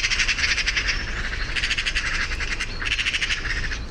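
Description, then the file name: Eurasian magpie giving dry, fast rattling chatter in three bursts, with a constant low rumble underneath. "Pica pica"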